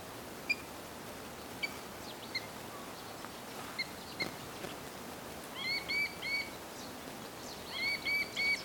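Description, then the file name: Little grebe calls: faint isolated pips and soft chirps at first, then two clusters of short, clear whistled notes delivered in rapid threes. "Dodaars Tachybaptus ruficollis"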